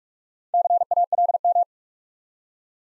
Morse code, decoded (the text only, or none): CALM